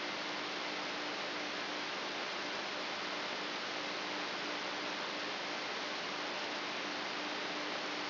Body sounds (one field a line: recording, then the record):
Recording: brain microelectrode recording played as sound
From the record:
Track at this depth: inside the subthalamic nucleus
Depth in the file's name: 6.416 mm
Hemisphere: left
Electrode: 3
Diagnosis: Parkinson's disease